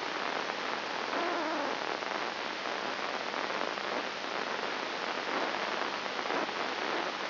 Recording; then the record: brain microelectrode recording played as sound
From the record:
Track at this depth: inside the subthalamic nucleus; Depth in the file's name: 2.902 mm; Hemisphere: left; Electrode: 2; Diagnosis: Parkinson's disease